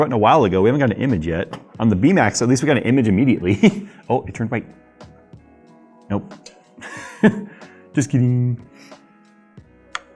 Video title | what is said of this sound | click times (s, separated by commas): Why do these exist? | go the HDMI wasn't plugged it all the way there's two clicks it's like click and years of computer experience guys | 9.9 s